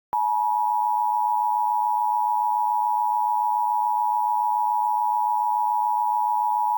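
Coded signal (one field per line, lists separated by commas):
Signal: Emergency Alert System (SAME) tones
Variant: 853 and 960 Hz attention tone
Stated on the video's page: Fictional EAS scenario containing valid EAS tones.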